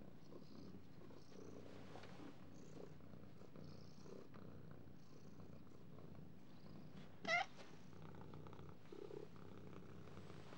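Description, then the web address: Cat purring as a quiet continuous low rumble, with a brief sharp sound near the seventh second. "кошки"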